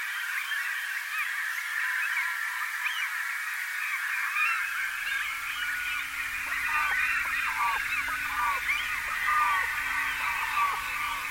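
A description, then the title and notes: A dense, steady chorus of honking, chattering birdcalls fills the mid and upper range, with a low hum and rumble entering after four seconds. Meadow Polyphony. A mix of original field recordings with a touch of reverb.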